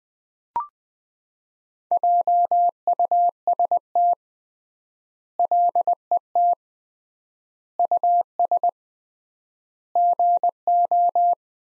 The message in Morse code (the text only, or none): JUST LET US GO